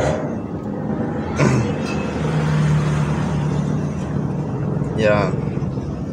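A fiber optic cable is laid into an SC connector termination holder and lined up before the clamp is locked, over a steady low hum and background noise while someone talks. Nothing has clicked or locked yet in this stretch.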